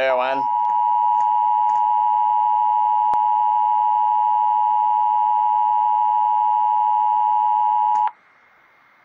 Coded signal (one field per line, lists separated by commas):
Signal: Emergency Alert System (SAME) tones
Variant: 853 and 960 Hz attention tone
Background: speech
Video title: EAS 780 FLW NWS S T E R L I N G